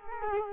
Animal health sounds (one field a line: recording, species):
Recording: mosquito wingbeat signal from an infrared sensor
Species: Culex quinquefasciatus